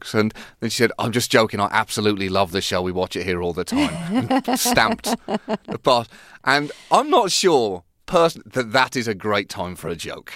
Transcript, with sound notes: And then she said I'm just joking. I absolutely love the show, we watch it here all the time. (Soundbite of laughter) Stamped the - and I'm not sure that that is a great time for a joke.